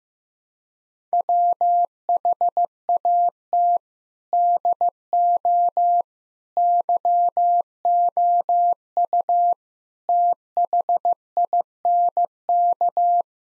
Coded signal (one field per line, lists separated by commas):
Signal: Morse code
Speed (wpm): 15 wpm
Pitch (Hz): 700 Hz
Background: none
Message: WHAT DO YOU THINK